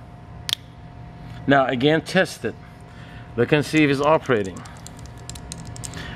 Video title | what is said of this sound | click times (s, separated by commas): Amtex Equipment Repair Shop Online Chemical Injector | so of course you're going to come back and put the cover back on again you want to hear the snap | 0.5 s